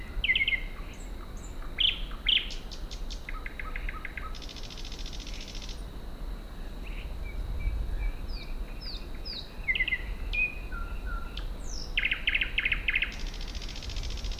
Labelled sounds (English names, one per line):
Thrush Nightingale song